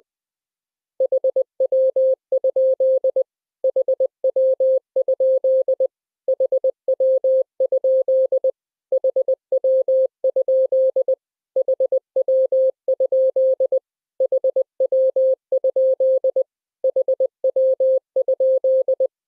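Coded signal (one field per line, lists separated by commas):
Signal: Morse code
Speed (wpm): 20 wpm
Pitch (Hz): 3400 Hz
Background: none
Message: HW? HW? HW? HW? HW? HW? HW?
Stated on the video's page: Morse lesson drilling the abbreviation HW?, a rubber-stamp QSO phrase.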